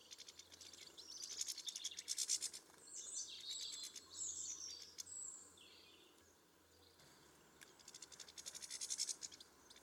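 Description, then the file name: European goldfinch calls in two bursts of fast, high, crackling twitter mixed with short liquid whistled phrases, separated by a quieter pause. "Carduelis carduelis"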